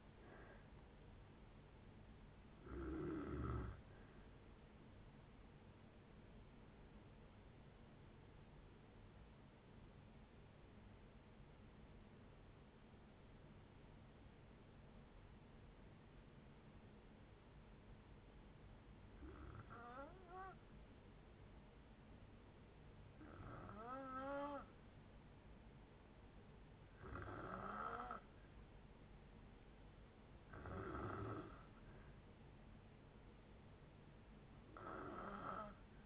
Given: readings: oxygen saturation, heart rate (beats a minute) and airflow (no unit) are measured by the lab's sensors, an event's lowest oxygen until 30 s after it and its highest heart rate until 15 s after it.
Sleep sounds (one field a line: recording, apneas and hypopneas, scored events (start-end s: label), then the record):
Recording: breathing in sleep by a voice recorder at the bedside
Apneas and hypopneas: 1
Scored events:
6.00-26.70 s: hypopnea (N2, oxygen 96% highest, then 89% lowest, heart rate 65 at the start, 65 highest)
From the record:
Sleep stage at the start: N2 (light sleep)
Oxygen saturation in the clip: 80 to 96%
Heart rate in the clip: 56 to 72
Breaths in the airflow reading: 6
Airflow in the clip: -8.1 to 4.6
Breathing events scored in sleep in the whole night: 496 in 5.4 hours asleep